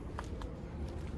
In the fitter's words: for your assist handle just up 90 degrees pops into place